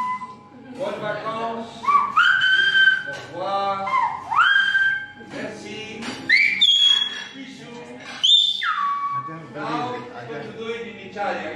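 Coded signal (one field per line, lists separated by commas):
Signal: whistled language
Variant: Silbo Gomero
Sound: rising, sustained and falling whistles interleaved with people talking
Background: people talking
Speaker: The waitress whistled to ask her colleague to find the camera and return it to the owner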